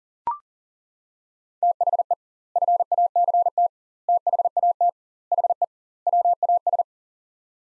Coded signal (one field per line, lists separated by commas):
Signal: Morse code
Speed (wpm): 40 wpm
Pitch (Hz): 700 Hz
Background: none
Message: THE FACT THAT HE WAS